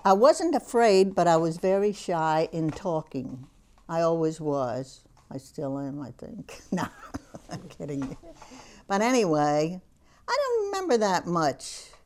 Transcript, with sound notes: I wasn't afraid, but I was very shy in talking. I always was. I still am, I think. ( she laughs ) No, I'm kidding you. But, anyway, I don't remember that much.